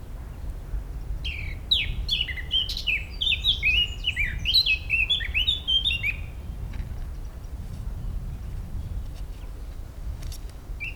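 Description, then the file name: Eurasian blackcap song: a single rapid phrase of mixed chattering and whistled notes lasting several seconds, then mostly steady low background noise. "Sylvia atricapilla"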